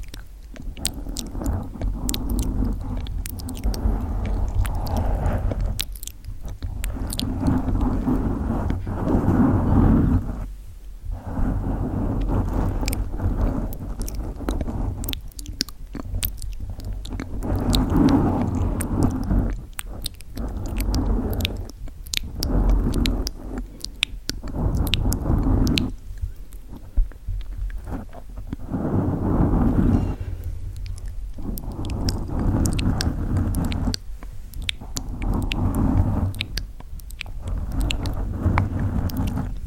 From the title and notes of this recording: ASMR Mic Scratching & Gentle Mouth Sounds.